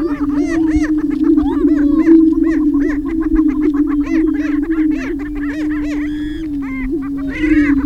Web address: Gr Prairie Chicken